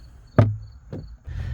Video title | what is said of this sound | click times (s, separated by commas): 2018 - 2023 Chevy Traverse Cabin Air Filter Replacement Guide | We're just going to lift it all the way up until it clicks in. | 0.4 s